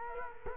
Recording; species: mosquito wingbeat signal from an infrared sensor; Culex quinquefasciatus